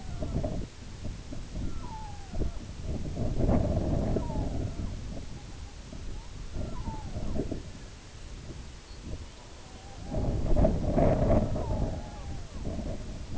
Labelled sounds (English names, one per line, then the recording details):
Red-throated Loon
Lapland Longspur
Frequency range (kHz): Lapland Longspur 2.5-5.0 kHz
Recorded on Arctic tundra, site IGLO-B, on 19 June 2018
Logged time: 23:59